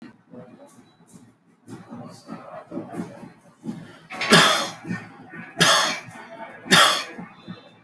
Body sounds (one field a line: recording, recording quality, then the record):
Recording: heavy voluntary cough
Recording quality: moderate, slight background noise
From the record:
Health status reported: healthy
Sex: male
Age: 32 years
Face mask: not worn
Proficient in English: yes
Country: India